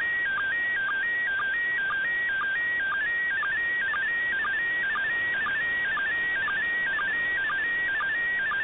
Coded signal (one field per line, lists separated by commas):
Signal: SSTV (slow-scan television)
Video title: Decoding the ISS SSTV